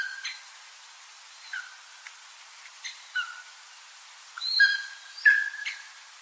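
Bird calls, scattered and soft at first, with short whistled notes and clicks; two louder, steady whistled calls come near the end.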